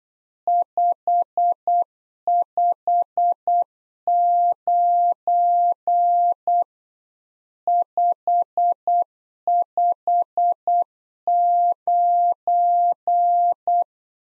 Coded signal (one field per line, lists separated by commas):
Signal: Morse code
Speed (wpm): 8 wpm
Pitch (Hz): 700 Hz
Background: none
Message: 559 559